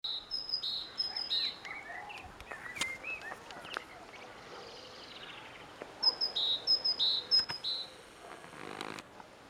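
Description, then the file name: Great tit song: high-low two-note phrases repeated several times at the start, a quieter gap with faint other sounds, then another run of the same see-saw phrases. "Parus major"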